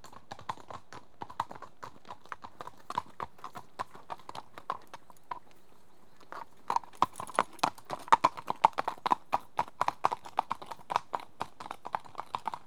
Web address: BBC Sound Effects Library BBC 37-Horses. Two horses at walk on tarmac